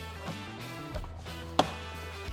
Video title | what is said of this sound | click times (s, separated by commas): How to Change/Replace the Cabin Air Filter in Your Rivian R1T & R1S - A Step-by-Step walkthrough. | And you'll hear the snaps that going in. | 1.0 s, 1.6 s